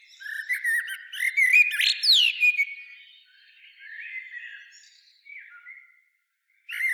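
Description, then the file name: Common blackbird phrase of rich warbled whistles rising into a loud, squeaky, high sweep, followed by quieter soft notes, a brief silence and one more loud note. "Turdus merula"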